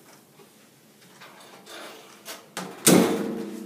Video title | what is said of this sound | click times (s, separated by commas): My Movie | it's closed you heard that click and she's going to press the power button | 2.9 s